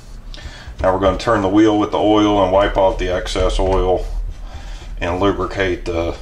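A reassembled wheel with its shaft and gasket is pressed down into the plastic vacuum head of a Shark Pro Rocket self-cleaning cordless vacuum cleaner. It clicks into the housing at 0.3 s, and the wheel is seated. Someone then talks.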